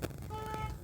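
The vacuum-locked door of an SM OCA lamination machine (SM Model 9) is released. A sharp hit sounds at 0.1 s over a steady low hum, followed by faint steady tones from about 0.3 to 0.7 s. The door lock releases and the door opens.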